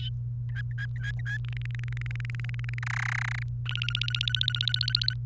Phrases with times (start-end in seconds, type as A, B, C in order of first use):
0.49-1.37 A, 1.45-2.79 B, 2.83-3.43 C, 3.65-5.13 D